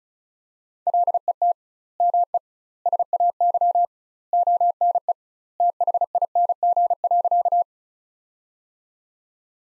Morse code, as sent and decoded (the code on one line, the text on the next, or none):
.-.. . - / -- . / ... .- -.-- / --- -. . / - .... .. -. --. .-.-.-
LET ME SAY ONE THING.